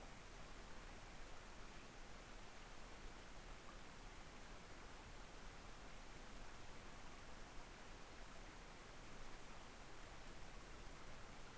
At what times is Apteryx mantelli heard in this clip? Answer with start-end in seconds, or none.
none